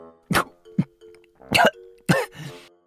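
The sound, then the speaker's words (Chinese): Heard over a phone call, someone sputters out a mouthful of water and breaks into a fit of harsh, uneven coughs, about four loud bursts ending in a breathy, spraying wheeze, with no talking. “他刚说完，就听见电话那边传来一声喷水的动静，紧接着是一连串咳嗽。”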